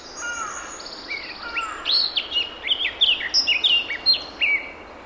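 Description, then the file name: Eurasian blackcap song with soft low warbling first, rising into a run of clear, varied fluty whistles spaced roughly every third of a second. "Sylvia atricapilla"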